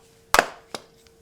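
A TELESIN Master Grip, a handheld camera grip, is attached to the magnetic mounting system built into a textured-back phone case. It snaps onto the case with a sharp click at 0.3 s, followed by a softer tap at 0.8 s and a faint tick at 1.1 s. The grip is seated and properly secure.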